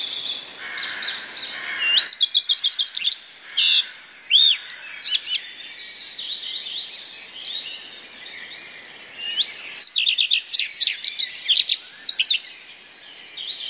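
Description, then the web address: Common redstart singing two phrases, each a quick series of repeated high notes followed by a mixed scratchy, twittering and whistled ending, with quiet gaps between. Common redstart song containing mimicked phrases borrowed from other passerine songbirds. "wroblowe zapozyczenia pleszka"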